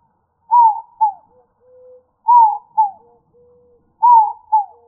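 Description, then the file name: Dove cooing: a falling two-note coo repeated three times about every 1.8 seconds, with soft, lower, steady hums between the phrases; background otherwise silent. "AZFO INDO 5 deviche"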